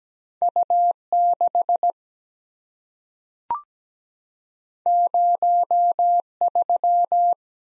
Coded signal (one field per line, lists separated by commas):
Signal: Morse code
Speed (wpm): 17 wpm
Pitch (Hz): 700 Hz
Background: none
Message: U6 03